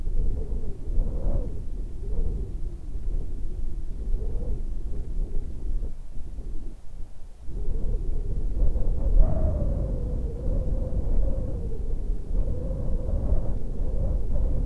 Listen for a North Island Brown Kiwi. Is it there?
no